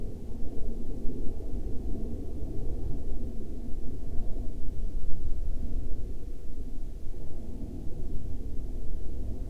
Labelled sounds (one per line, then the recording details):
aircraft
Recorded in the Prudhoe Bay oil fields, Alaska, on 18 July 2021 at 01:53
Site 16